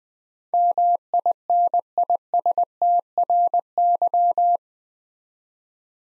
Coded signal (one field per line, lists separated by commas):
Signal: Morse code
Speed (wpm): 20 wpm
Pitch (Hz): 700 Hz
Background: none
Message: MINISTRY